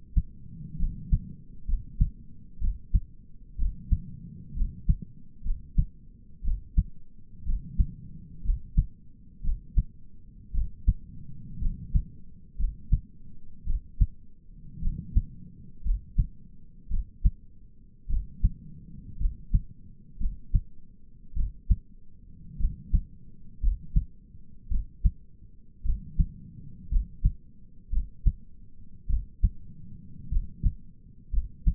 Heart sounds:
heart sounds by stethoscope; 57 bpm
0.80 s: heartbeat
1.68 s: heartbeat
2.62 s: heartbeat
3.59 s: heartbeat
4.57 s: heartbeat
5.46 s: heartbeat
6.45 s: heartbeat
7.47 s: heartbeat
8.45 s: heartbeat
9.44 s: heartbeat
10.55 s: heartbeat
11.62 s: heartbeat
12.59 s: heartbeat
13.67 s: heartbeat
14.83 s: heartbeat
15.85 s: heartbeat
16.91 s: heartbeat
18.10 s: heartbeat
19.20 s: heartbeat
20.20 s: heartbeat
21.36 s: heartbeat
22.60 s: heartbeat
23.62 s: heartbeat
24.71 s: heartbeat
25.85 s: heartbeat
26.91 s: heartbeat
27.92 s: heartbeat
29.09 s: heartbeat
30.31 s: heartbeat
31.33 s: heartbeat
From the record:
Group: healthy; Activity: rest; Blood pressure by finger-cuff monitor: 107/66 mmHg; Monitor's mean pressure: 80 mmHg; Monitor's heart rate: 58 bpm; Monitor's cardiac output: 5.2 L/min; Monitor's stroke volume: 93 mL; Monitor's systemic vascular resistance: 1080 dyn s/cm5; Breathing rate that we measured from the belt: 16 breaths a minute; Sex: male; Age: 22 years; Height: 181 cm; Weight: 79 kg

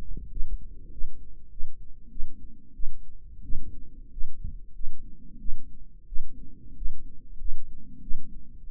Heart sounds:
heart sounds by microphone in the right ear; 93 bpm
0.31 s: heartbeat
0.92 s: heartbeat
1.51 s: heartbeat
2.11 s: heartbeat
2.74 s: heartbeat
3.44 s: heartbeat
4.11 s: heartbeat
4.74 s: heartbeat
5.40 s: heartbeat
6.07 s: heartbeat
6.76 s: heartbeat
7.39 s: heartbeat
8.02 s: heartbeat
8.69 s: heartbeat
From the record:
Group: healthy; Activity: rest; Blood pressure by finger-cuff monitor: 126/85 mmHg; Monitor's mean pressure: 96 mmHg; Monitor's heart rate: 94 bpm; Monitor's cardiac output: 7.1 L/min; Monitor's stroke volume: 76 mL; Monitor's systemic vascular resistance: 980 dyn s/cm5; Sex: female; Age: 22 years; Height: 163 cm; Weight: 67.1 kg

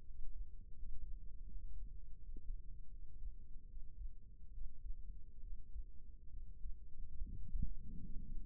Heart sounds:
heart sounds by microphone in the right ear; 75 bpm
0.02 s: heartbeat
0.73 s: heartbeat
1.44 s: heartbeat
2.15 s: heartbeat
2.88 s: heartbeat
3.65 s: heartbeat
4.49 s: heartbeat
5.38 s: heartbeat
6.28 s: heartbeat
7.18 s: heartbeat
8.00 s: heartbeat
From the record:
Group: healthy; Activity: Valsalva maneuver 0-6 s, rest 6-8 s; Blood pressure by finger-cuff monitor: 150/74 mmHg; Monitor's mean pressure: 102 mmHg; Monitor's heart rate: 79 bpm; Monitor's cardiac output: 5.4 L/min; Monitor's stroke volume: 65 mL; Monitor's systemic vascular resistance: 1260 dyn s/cm5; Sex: female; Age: 37 years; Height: 168 cm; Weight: 70 kg

